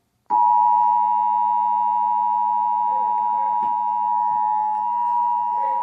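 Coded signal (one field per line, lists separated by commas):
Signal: Emergency Alert System (SAME) tones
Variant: 853 and 960 Hz attention tone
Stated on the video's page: Flash flood warning EAS alert taken from Spectrum Cable in Akron, OH.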